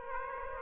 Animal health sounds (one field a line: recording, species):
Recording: mosquito wingbeat signal from an infrared sensor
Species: Aedes aegypti